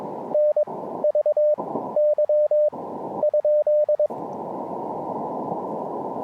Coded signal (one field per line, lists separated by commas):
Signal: Morse code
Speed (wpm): 22 wpm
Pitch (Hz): 600 Hz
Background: radio noise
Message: NVY ?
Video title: QRP Band Hopping: Two-fer POTA at Parc national des Grands-Jardins